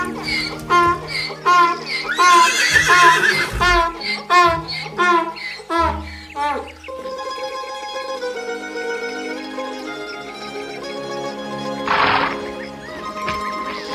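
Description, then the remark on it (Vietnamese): A horse gives a long, loud, quavering whinny for several seconds, followed by a quieter steady tonal backdrop and one short bright burst near the end. “Nè, anh ngựa.”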